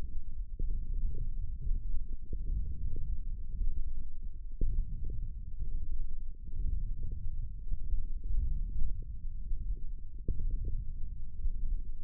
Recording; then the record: forearm muscle sounds (acoustic myography)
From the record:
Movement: wrist extension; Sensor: system 1, eight BSWA MPA416 microphones around the upper forearm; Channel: 6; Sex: male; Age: 20 years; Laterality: left